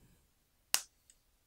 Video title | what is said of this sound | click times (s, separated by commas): J'ouvre les produits reçus cette semaine | ah mais en fait il se regardait il se clipse | 0.7 s